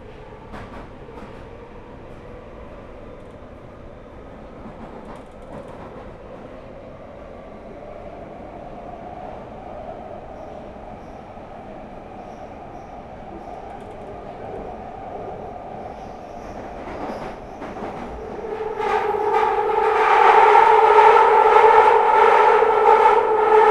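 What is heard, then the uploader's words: An empty Underground train hums and rumbles steadily, its droning whine rising in pitch and growing louder and brighter after about eighteen seconds. I recorded the sound of an empty Underground train and it made me feel a bit weird and spooky. I made sure I travelled late, about 10pm. My carriage was entirely empty for the entire journey from East Finchley to Bank. I decided to bring along a handheld recording device and sit there recording the noise.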